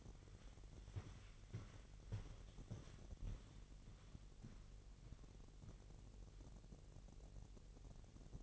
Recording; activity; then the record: daily activity, microphone in the room; walk to room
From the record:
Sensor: 4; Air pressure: 1013.0 hPa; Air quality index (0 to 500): 239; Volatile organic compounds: 4 ppm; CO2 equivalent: 1590 ppm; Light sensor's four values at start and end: 22/54/22/23 and 34/81/33/33